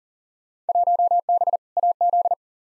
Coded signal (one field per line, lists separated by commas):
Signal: Morse code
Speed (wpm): 40 wpm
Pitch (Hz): 700 Hz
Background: none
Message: 1B AZ